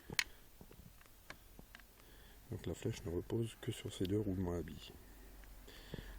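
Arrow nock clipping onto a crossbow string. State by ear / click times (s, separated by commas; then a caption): seated / 0.2 s. A Black Eagle arrow fitted with a clip-on nock is loaded onto the string of a Ballistic 410 crossbow, where it rests on two ball bearings. A sharp, loud tick at 0.2 s marks the nock clipping onto the string and seating, followed by a few faint handling ticks. Someone then talks.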